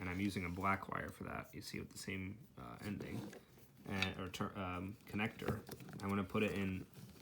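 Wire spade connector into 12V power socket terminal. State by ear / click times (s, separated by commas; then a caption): not seated / none. Someone talks while handling a crimped spade connector on a black wire for the negative, about to push it into the terminal of a 12V power socket being wired in a car. Only faint, brief ticks are heard near the very end, around 7.2 and 7.3 seconds. Nothing has seated or clicked yet.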